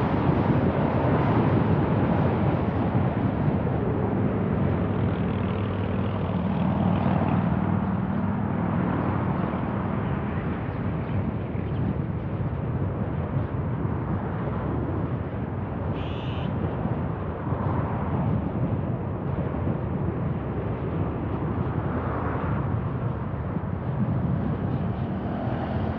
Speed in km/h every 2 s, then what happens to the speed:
36, 26, 19, 21, 27, 30, 31, 29, 27, 27, 26, 24, 22.
0-4 brakes to 19. 4-11 speeds up to 31. 11-26 slows to 22.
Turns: none.